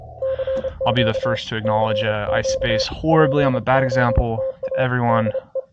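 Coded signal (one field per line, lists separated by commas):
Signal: Morse code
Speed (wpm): 28 wpm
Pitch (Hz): 530 Hz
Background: speech, radio noise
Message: CQ CQ POTA DE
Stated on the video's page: CW POTA activation keyed with straight key, bug (Vibroplex Champion) and paddle.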